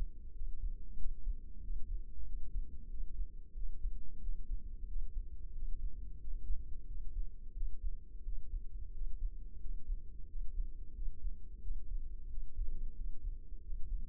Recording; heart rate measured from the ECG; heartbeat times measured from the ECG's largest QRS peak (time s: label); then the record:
heart sounds by microphone in the left ear; 90 bpm
0.35 s: heartbeat
0.99 s: heartbeat
1.63 s: heartbeat
2.27 s: heartbeat
2.91 s: heartbeat
3.56 s: heartbeat
4.22 s: heartbeat
4.89 s: heartbeat
5.55 s: heartbeat
6.21 s: heartbeat
6.88 s: heartbeat
7.56 s: heartbeat
8.25 s: heartbeat
8.94 s: heartbeat
9.62 s: heartbeat
10.29 s: heartbeat
10.96 s: heartbeat
11.63 s: heartbeat
12.30 s: heartbeat
12.97 s: heartbeat
13.63 s: heartbeat
From the record:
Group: healthy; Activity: rest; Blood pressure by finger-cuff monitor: 161/99 mmHg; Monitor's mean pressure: 118 mmHg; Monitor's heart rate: 91 bpm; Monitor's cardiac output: 7.3 L/min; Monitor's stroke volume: 79 mL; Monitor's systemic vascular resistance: 1220 dyn s/cm5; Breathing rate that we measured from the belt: 18 breaths a minute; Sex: male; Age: 21 years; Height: 175 cm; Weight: 72.6 kg